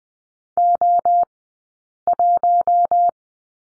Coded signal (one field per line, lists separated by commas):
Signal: Morse code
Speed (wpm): 20 wpm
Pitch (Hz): 700 Hz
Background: none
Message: O 1